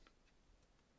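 A metal emergency key blade is slid back into the plastic remote key fob housing of a Mercedes-Benz E-Class AMG, and it seats with a faint, short click at 0.1 s. Afterward only quiet background hiss and a few faint ticks are heard.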